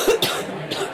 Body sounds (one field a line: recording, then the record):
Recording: coughing mixed with background sound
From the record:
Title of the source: 30 Chesty and wet cough